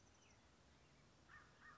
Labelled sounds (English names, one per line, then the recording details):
American Crow
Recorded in Sonoma County, California